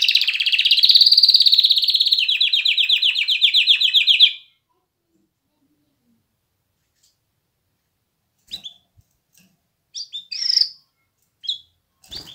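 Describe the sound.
Canary delivering a fast, even, high trill for about four seconds, followed by silence and a few scattered short chirps.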